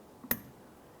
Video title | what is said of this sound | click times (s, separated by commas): How to Replace Front Bumper Cover 2011-2018 Volkswagen Jetta | Go ahead and take that. We're going to put it right up into place. Listen for a click. | 0.3 s